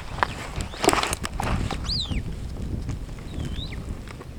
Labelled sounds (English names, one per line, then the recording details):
Superb Starling flight call
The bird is a female
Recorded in Kenya on 4 June 2010
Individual 8, of group CF1